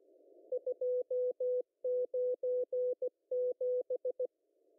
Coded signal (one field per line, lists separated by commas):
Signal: Morse code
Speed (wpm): 16 wpm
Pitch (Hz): 500 Hz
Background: music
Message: 297